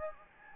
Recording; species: mosquito wingbeat signal from an infrared sensor; Anopheles gambiae